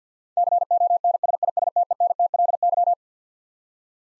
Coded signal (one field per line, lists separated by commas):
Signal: Morse code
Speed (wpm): 50 wpm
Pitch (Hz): 700 Hz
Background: none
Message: CONSISTENTLY